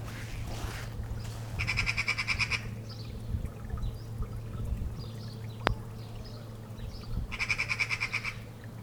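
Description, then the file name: Eurasian magpie chattering call: two quick rattling bursts of harsh, grating notes, several seconds apart, over a steady low background hum. "Pica pica"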